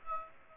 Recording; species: mosquito wingbeat signal from an infrared sensor; Aedes aegypti